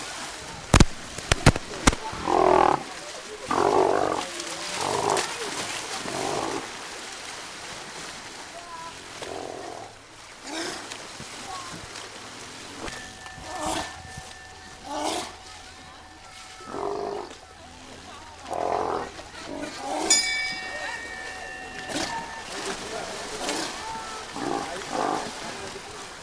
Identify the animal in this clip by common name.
South American Sea Lion